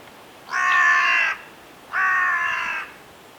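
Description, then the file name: Carrion crow calling two harsh, drawn-out caws separated by a short pause. "Corvus corone"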